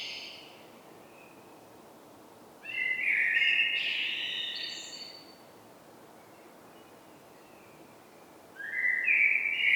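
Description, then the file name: Common blackbird singing: a mellow fluted phrase around three seconds in, ending in a higher twitter, then another phrase begins near the end; quiet pause between. "Turdus merula"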